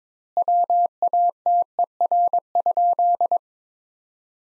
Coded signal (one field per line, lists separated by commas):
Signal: Morse code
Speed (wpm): 21 wpm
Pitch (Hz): 700 Hz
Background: none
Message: WATER?